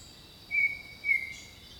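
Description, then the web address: A bird gives two clear, level whistled notes about half a second apart, over a steady high insect hum. Jungle birdsong. "Nature Songs Nature Sounds The Natural Sounds of the Wilderness 10 CDs collection Echoes of Nature - Jungle Talk 01 Jungle Birdsong"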